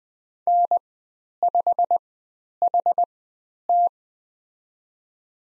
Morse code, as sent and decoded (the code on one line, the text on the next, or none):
-. ..... .... -
N5HT